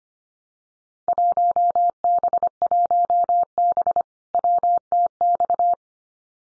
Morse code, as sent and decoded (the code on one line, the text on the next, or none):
.---- -... .---- -... / .-- - -..-
1B1B WTX